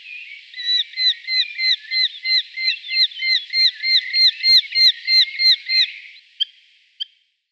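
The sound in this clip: Eurasian hobby uttering a steady, evenly spaced run of shrill notes, about three per second for over five seconds, ending with two isolated clicks.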